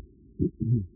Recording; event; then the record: neck accelerometer signal played as sound; voluntary cough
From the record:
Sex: male